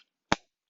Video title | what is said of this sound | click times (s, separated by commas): mBot Assembly - BEAM at UCLA | this part that sticks up this should be on the top and you should hear it click when it goes in so | 0.3 s